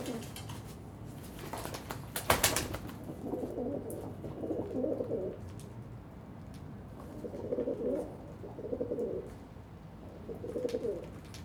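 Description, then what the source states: Pigeon sounds: a burst of loud flapping or clattering early, then low rolling coos in five separate phrases with light clicks. Several pigeons on a balcony in Saint-Gilles, Belgium, cooing and fighting with wing beats; recorded with Sony PCM-D100 internal microphones in wide position.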